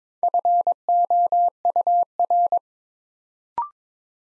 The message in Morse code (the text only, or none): FOUR